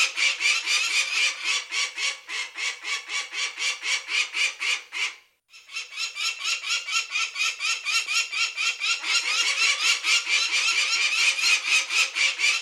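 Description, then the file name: Peregrine falcon giving a long series of grating kek notes at about four per second, broken by one brief pause midway, then resuming strongly. "Wanderfalke"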